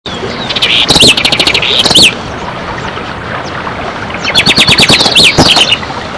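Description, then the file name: House wren giving two bursts of rapid, harsh, buzzy chattering notes mixed with quick rising squeaks, with a pause between them. "chercan"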